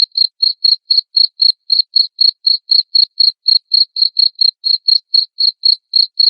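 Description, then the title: Cricket producing a continuous train of shrill chirps, roughly four per second, regular throughout with nothing else heard. Loud cricket chirping (ngerik) said to make lovebirds sing ngekek continuously. "Suara JANGKRIK NGERIK Keras Bikin LOVEBIRD Jadi NGEKEK Terus Vubey"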